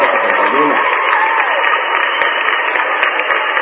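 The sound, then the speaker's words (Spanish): Steady, dense applause for Defensa del Deudor fills the whole stretch, a continuous wash of many clapping hands at even loudness, with a brief voice murmuring faintly under it near the start. “Aplausos para Defensa del Deudor.”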